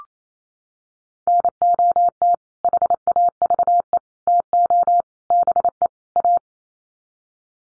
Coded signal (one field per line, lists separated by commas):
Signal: Morse code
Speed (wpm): 28 wpm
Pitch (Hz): 700 Hz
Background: none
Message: NOT HAVE TO BE A